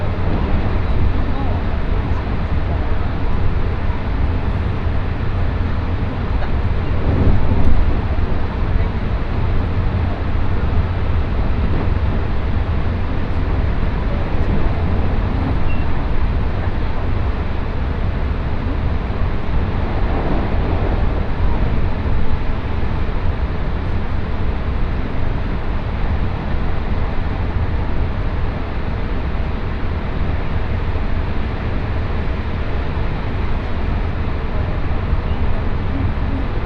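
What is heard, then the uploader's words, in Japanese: Inside a Tokaido Line special rapid train running from Kusatsu toward Shin-Osaka, a steady low rumble of wheels and motors fills the whole stretch at an even level. Faint brief swells come around seconds 7 and 20, and quiet voices sit under the noise. 耳で楽しむ鉄道旅 東海道本線新快速 草津→新大阪。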